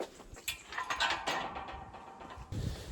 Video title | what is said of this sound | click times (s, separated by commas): How to put a scaffold tower together | eventually the red bar will click into place. | 0.5 s